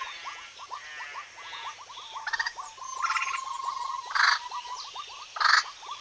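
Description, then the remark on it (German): A great tit sings repeated bright, high two-note phrases in spring, in the early morning between 5 and 8 outside a bedroom window, amid a busy chorus of other chirping birds, with a couple of louder harsh bursts toward the end and no talking. “Das Motiv stammt von einer Meise, genauer gesagt von einer Kohlmeise, die mich ein ganzes Frühjahr lang morgens zwischen 5 und 8 vor meinem Schlafzimmerfenster unheimlich genervt hat.”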